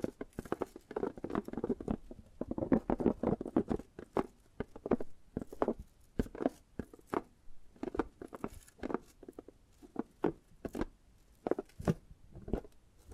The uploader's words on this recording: ASMR Tapping and Gripping Sounds for Sleep No Talking.